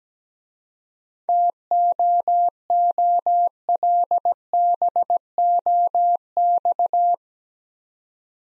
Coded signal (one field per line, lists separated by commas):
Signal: Morse code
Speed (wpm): 17 wpm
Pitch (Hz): 700 Hz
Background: none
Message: TOOLBOX